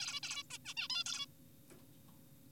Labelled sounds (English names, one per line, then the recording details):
Zebra Finch
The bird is an adult
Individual g4p5U